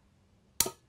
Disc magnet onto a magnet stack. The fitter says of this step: just click in place